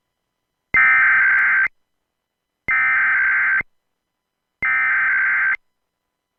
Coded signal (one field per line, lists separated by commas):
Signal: Emergency Alert System (SAME) tones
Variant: header bursts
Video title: More Rare Relays! - "Central" Illinois EAS Required Monthly Tests (WILL-AM [2003-2005 + 2001 Bonus])